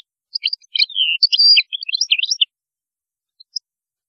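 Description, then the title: European goldfinch song, a dense two-second run of liquid twitters, buzzy notes and quick chirps, then quiet with a couple of faint notes. "Chant Chardonneret"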